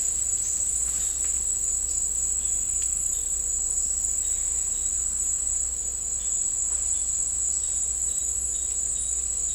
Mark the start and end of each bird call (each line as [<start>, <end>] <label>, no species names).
[7.65, 7.82] bird call
[8.08, 9.13] bird call